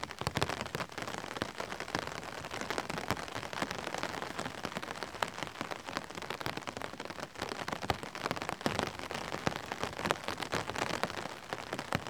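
Raindrops patter steadily on an umbrella overhead, a dense stream of crisp taps with no pauses. Louder individual drops snap out every moment against the even hiss, and the level holds constant across the whole stretch with nothing else underneath.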